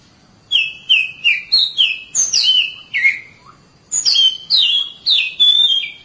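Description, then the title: Oriental magpie-robin song: a run of clear whistled notes, each starting with a sharp high click and sliding down, given in two bursts with a short pause between. "Suara Kicauan Burung Kacer"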